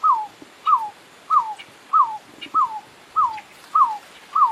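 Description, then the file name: Picui ground dove song: short, soft whistled notes that slur downward, repeated steadily about every two-thirds of a second, eight notes in a row over faint background hiss. "CANTO DA ROLINHA VAQUEIRA"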